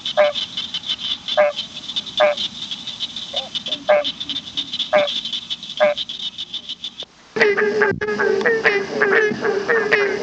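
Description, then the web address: Tree frog calls: several short nasal notes spaced about a second apart, then a denser chorus of overlapping rapid calls takes over. "Hylidae"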